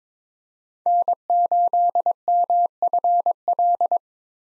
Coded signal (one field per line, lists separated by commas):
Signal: Morse code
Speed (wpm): 22 wpm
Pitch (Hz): 700 Hz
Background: none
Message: N8MFL